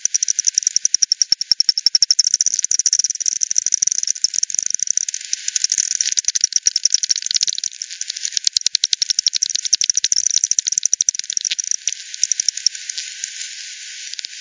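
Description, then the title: Bat echolocation calls: a long, busy stream of rapid clicking pulses from more than one bat, thinning slightly toward the end. Multiple bats at Hogsmill River, Hogsmill Lane, 7 October 2020 at 18:10; recorded with a frequency-division bat detector, bandpass filtered and resampled. "bat 20201007 T 18 : 10 Z-Hogsmill-Lane-Hogsmill-River-multiple-bats"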